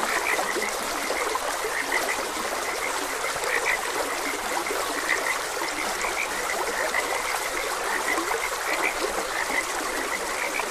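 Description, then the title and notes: Frogs croaking in a dense, ongoing chorus of short high notes, with steady trickling water filling the background. Frogs croaking beside a gentle stream. "Gentle Stream and Frogs Croaking - Calming Sounds of Nature. Sleep and Relaxation Podcast"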